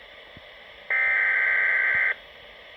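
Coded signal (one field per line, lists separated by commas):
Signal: Emergency Alert System (SAME) tones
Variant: header bursts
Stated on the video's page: Severe Thunderstorm Watch from Weatheradio Canada transmitter in Saskatoon on 162.550 MHz; tones may or may not be valid.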